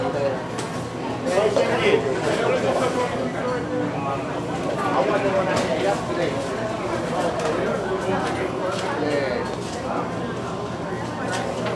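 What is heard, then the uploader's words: Pizza parlor atmosphere: a steady, dense wash of overlapping voices with no single speaker standing out, holding an even level throughout. Brief clinks and clatters break through every second or so, and a faint low hum runs underneath. Pizza Parlor Atmosphere.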